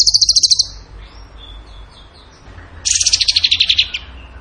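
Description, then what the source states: Bird sings a quick pulsed trill, faint thin whistles in the pause, then a longer buzzy trill that drops slightly in pitch. Masteran (training recording) of a bird singing in the tembakan gacor style.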